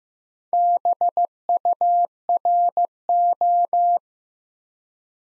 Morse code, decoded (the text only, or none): BURO